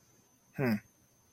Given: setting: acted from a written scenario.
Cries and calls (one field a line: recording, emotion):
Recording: vocal sound without words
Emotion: interest